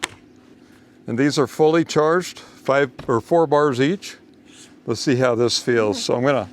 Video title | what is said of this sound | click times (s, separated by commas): Building My Off Grid Homestead - Shop Progress, Fishing & New Fruit Trees | So, you can hear that positive click. | 0.0 s